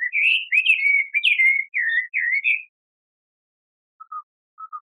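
Bird singing a quick, sweet warbled phrase of slurred whistles, then a pause broken by a few soft, lower chirps.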